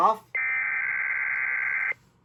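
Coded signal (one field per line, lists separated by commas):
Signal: Emergency Alert System (SAME) tones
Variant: header bursts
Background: speech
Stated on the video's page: KDKA EAS test relayed by WAHC.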